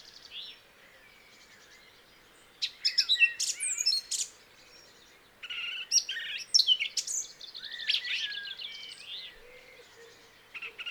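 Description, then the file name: Eurasian blackcap giving bursts of hurried, scratchy warbling with whistled notes, separated by pauses, over a low background hiss. "Sylvia atricapilla"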